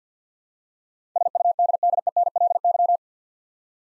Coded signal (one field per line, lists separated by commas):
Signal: Morse code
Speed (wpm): 50 wpm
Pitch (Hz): 700 Hz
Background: none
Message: SUDDENLY